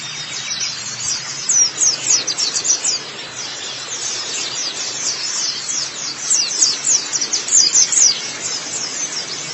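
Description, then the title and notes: White-eye singing rapid series of thin, high, downslurred chips in bursts of a couple of seconds, separated by softer twittering. Chirping song. "Kicauan Burung Pleci Durasi Panjang. Suara kicauan burung pleci"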